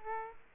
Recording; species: mosquito wingbeat signal from an infrared sensor; Aedes aegypti